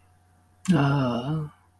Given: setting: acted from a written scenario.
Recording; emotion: vocal sound without words; guilt